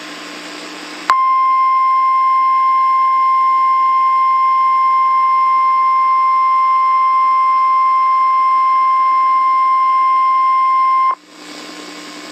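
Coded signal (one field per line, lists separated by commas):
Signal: Emergency Alert System (SAME) tones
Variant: 1050 Hz attention tone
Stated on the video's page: Real Emergency Alert System activation heard on a radio broadcast during a tornado emergency.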